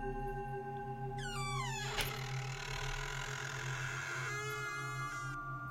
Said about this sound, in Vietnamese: cánh cửa phòng của Tĩnh được mở ra khẽ khàng như chưa từng được khóa. Tiếng bản lề kẽo kẹt vang lên